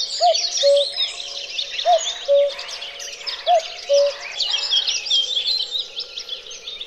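Cuckoo giving its two-note cu-coo, a higher note dropping to a lower flat one, three times about every 1.6 seconds, over a busy chorus of twittering songbirds.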